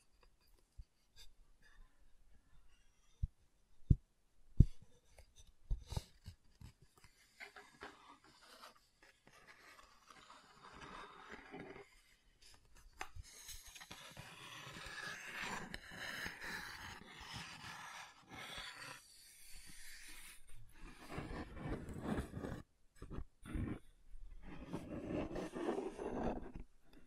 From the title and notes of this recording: ASMR Calming Wood Triggers for Sleep (No Talking).